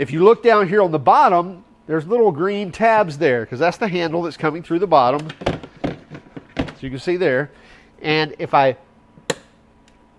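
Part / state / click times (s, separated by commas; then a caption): telescoping handle in a rolling plastic tool box / seated / 9.3 s. Someone talks about the telescoping handle of a rolling plastic tool box, then pushes and pulls the handle back from the other side until it latches. Several soft knocks and taps are heard around 5.6–6.7 seconds, followed by a sharp click at 9.3 seconds as the handle clicks into place and seats.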